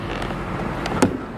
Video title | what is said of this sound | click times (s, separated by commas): LED TURN SIGNALS LIGHTS - 2015-2018 SUBARU WRX STI - SUBISPEED | can hear that little click noise just | 0.9 s, 1.0 s